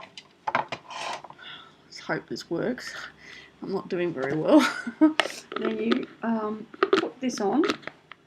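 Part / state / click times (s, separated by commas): lid onto a microwave popcorn maker bowl / not seated / none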